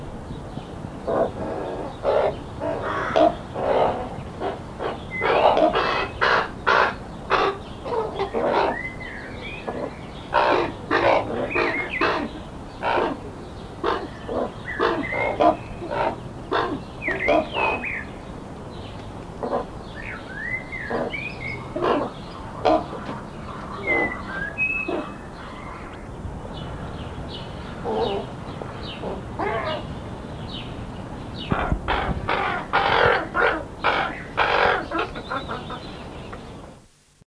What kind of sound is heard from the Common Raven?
call